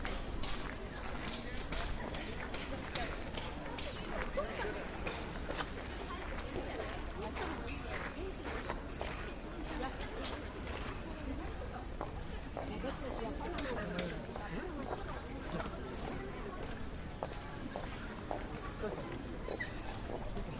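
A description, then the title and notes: A busy street scene in a Tokyo neighbourhood, filled with a steady, dense murmur of many voices. Footsteps and small clicks and knocks come through often, over a constant low rumble of the city, with no pause in activity. A binaural field recording recorded in the Asakusa district of Tokyo, Japan.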